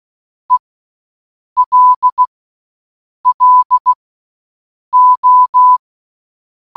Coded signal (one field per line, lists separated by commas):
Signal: Morse code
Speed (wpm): 16 wpm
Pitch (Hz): 1000 Hz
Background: none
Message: ELLO